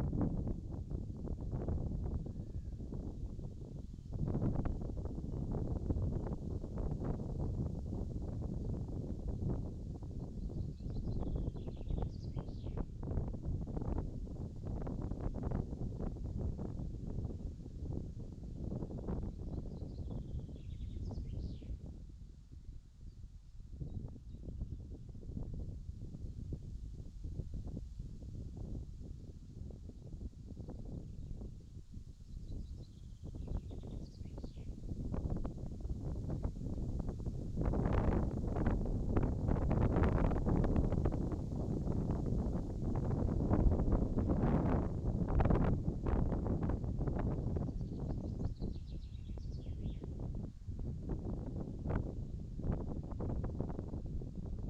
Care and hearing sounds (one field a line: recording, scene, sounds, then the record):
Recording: everyday scene through a hearing-aid microphone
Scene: wind on the microphone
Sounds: wind, birds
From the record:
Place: in front of a rural house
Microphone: in the ear canal, left